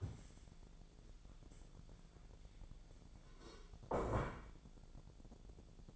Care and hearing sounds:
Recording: daily activity, microphone in the room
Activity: stand up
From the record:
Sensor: 5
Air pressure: 1000.5 hPa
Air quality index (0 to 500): 147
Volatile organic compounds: 2 ppm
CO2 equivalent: 1135 ppm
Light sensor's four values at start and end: 47/111/46/49 and 47/111/46/49

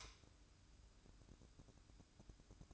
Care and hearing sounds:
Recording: daily activity, microphone in the room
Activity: light on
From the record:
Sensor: 2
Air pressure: 1007.7 hPa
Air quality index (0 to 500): 87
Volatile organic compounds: 1 ppm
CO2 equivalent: 668 ppm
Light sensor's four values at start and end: 7/16/7/7 and 12/34/14/13

